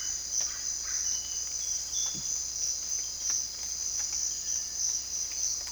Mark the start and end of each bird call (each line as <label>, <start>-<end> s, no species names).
bird call, 0.00-2.20 s